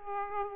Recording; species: mosquito wingbeat signal from an infrared sensor; Aedes aegypti